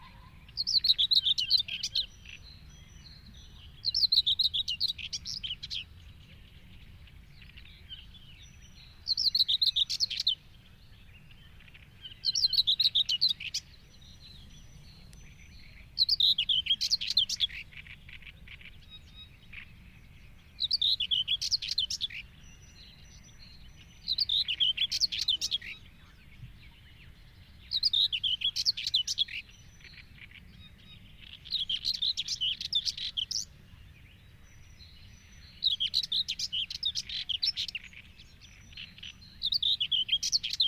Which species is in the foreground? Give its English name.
Common Whitethroat